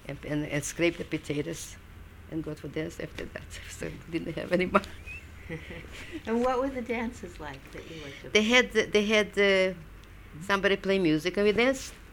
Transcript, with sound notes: and scrape the potatoes, and go to dance after that, so I didn't have any mark. (she laughs)
And what were the dances like that you went to?
They had, they had the, somebody play music, and we danced.